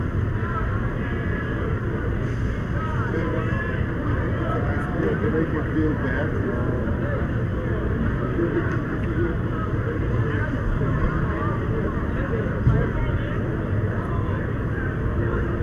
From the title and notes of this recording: SF Pride 2017. San Francisco’s historic gay community in the Castro District. Here are the sounds from the street, where bars have thrown open their windows against the summer heat.